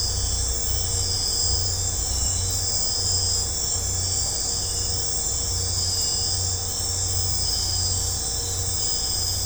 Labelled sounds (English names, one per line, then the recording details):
none
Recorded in secondary vegetation near Puerto Asís, Putumayo, Colombia, on 20 December 2024 at 21:00
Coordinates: 0.502, -76.326
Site G028